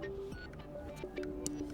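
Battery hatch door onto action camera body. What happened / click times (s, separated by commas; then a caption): The battery hatch door clicked into place / 1.5 s. A plastic battery hatch door is pushed back onto its mount on a GoPro MAX 360 action camera body after several tries. Soft handling and fumbling noises lead to a sharp, bright click at 1.5 s as the hatch door seats into place. Someone talks.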